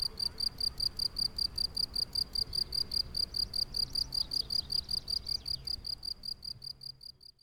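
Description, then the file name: Cricket chirps: high, thin pulses repeated steadily a few times per second, weakening toward the end, with a faint low background hum. Mümliswil, Jura, Switzerland, 22 June 2008. "Jura Muemliswil Chirr Of Crickets"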